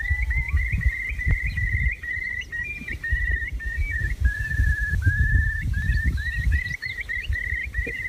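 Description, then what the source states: Curlew calls as a run of clear whistled notes near one pitch, repeated throughout with short rising slurs, over low rumbling noise. Call described as evocative of Irish country life.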